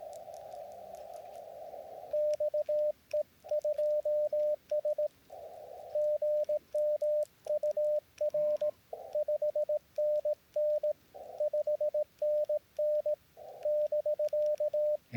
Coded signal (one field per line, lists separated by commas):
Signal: Morse code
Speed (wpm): 17 wpm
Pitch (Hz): 590 Hz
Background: radio noise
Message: XE2S GM UR 5NN 5NN <BK>